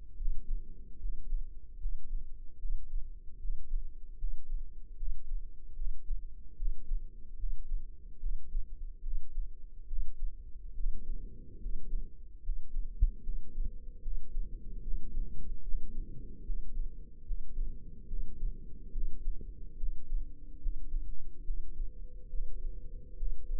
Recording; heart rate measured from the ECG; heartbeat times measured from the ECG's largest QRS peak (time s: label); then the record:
heart sounds by microphone in the left ear; 73 bpm
0.15 s: heartbeat
0.98 s: heartbeat
1.78 s: heartbeat
2.58 s: heartbeat
3.38 s: heartbeat
4.17 s: heartbeat
4.96 s: heartbeat
5.75 s: heartbeat
6.55 s: heartbeat
7.36 s: heartbeat
8.19 s: heartbeat
9.01 s: heartbeat
9.86 s: heartbeat
10.74 s: heartbeat
11.59 s: heartbeat
12.42 s: heartbeat
13.22 s: heartbeat
14.01 s: heartbeat
14.81 s: heartbeat
15.62 s: heartbeat
16.43 s: heartbeat
17.24 s: heartbeat
18.07 s: heartbeat
18.91 s: heartbeat
19.76 s: heartbeat
20.59 s: heartbeat
21.43 s: heartbeat
22.28 s: heartbeat
23.16 s: heartbeat
From the record:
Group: healthy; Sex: male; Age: 35 years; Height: 178 cm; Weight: 64 kg